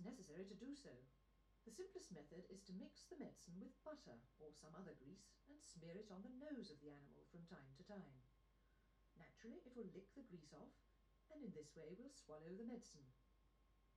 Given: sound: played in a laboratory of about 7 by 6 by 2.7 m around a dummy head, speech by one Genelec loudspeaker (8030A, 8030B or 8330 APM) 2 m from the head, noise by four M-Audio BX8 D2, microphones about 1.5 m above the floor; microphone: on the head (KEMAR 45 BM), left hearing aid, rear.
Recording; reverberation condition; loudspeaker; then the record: female speech in English; low; 90 degrees to the right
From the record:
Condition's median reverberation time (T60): about 310 ms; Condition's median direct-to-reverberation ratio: about 3.5 dB